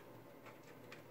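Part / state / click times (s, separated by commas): power cable connector into motherboard / not seated / none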